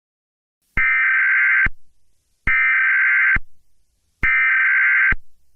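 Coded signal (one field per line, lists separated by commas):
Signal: Emergency Alert System (SAME) tones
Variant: header bursts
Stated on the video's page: Fictional tornado EAS scenario.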